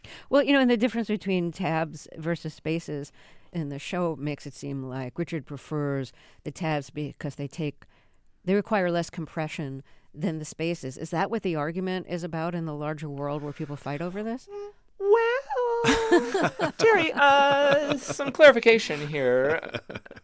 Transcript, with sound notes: Well, you know, and the difference between tabs versus spaces in the show makes it seem like Richard prefers the tabs because they take - they require less compression than the spaces. Is that what the argument is about in the larger world where people fight over this?
Well...
(LAUGHTER)
...Terry, some clarification here